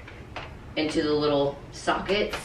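A car seat adapter is handled toward the small sockets on a Joovy Qool Double stroller frame, with faint taps at about 0.1 s and 0.4 s before someone talks. Nothing has seated or clicked yet.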